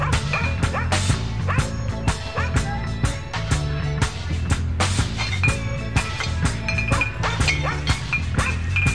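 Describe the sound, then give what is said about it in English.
A dog barks over and over in quick, sharp bursts, mixed with higher-pitched yips and a few whimpers, loud and nearly continuous throughout, with faint clinking in the background. “I've got to take the dog out, come on.”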